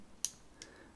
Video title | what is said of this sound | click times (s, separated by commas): 🔴 Voigtlander Bessa RF - How to Load Film / Unload Film (Bessa R3A, Bessa R, Bessa L ..) | thing you need to do is press the small button on the baseplate until it clicks | 0.2 s